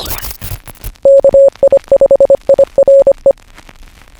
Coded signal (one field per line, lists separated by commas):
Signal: Morse code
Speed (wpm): 25 wpm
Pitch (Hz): 550 Hz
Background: none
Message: KI5IRE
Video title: How You Can Talk to Space With Ham Radio! AMSAT at HamCation 2024